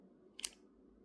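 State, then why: Seated. The magnetic lid of a false-eyelash storage box, held shut by a magnetic strip inside, is closed and snaps shut. Two short, sharp clicks are heard at 0.4 and 0.45 seconds over a quiet background hum, and the lid seats closed.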